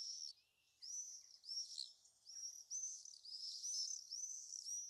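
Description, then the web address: Common swift scream series, a chain of sharp high screeching notes running almost continuously after an early short pause. "sound Common-swift. صدای-پرنده-بادخورک-معمولی"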